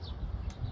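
The plastic safety tab on a 2016 Toyota Camry Hybrid windshield wiper blade is squeezed in, and the blade slides down off the metal wiper arm hook. A short, sharp click sounds at 0.5 s over a low background rumble. The blade comes off the arm, released.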